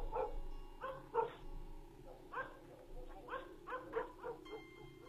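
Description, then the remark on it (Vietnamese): A dog barks insistently in a string of short, sharp, mid-pitched barks, coming in uneven bursts with brief gaps between them. “Bất giác có tiếng chó sủa inh ỏi, vang lên.”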